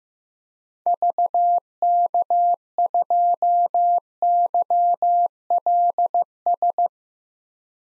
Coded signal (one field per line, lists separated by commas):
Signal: Morse code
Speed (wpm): 16 wpm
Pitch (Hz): 700 Hz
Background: none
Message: VK2YLS